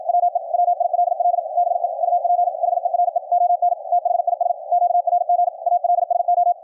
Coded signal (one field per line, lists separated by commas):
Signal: Morse code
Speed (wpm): 53 wpm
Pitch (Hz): 700 Hz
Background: radio noise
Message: WE WILL BE UP HERE ON THIS QRG ALSO